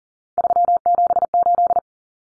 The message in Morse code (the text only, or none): 378